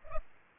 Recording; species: mosquito wingbeat signal from an infrared sensor; Culex pipiens